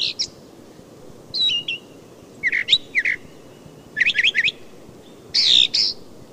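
Brown thrasher song: varied phrases of high chirps and slurred whistles in short bursts, with quiet gaps between.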